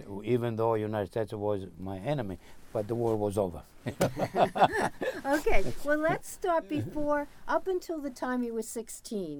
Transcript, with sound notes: Even though the United States was my enemy, but the war was over (laughs)
Okay. Well lets start before, up until the time you were sixteen.